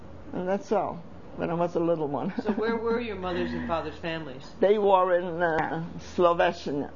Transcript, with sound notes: and that's all, when I was a little one. ( she laughs )
Where were your mother's and father's families?
They were in Sloveshina,